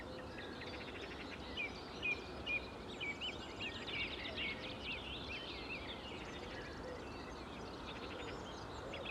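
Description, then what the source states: Bird chorus with rapid rattling trills, thin high whistles and brief sharp notes layered together, several birds calling at once over faint steady noise. Morning countryside ambience with many birds, Saint-Nom-la-Bretèche, France; stereo MS recording, Schoeps microphones on a Sound Devices 633 recorder.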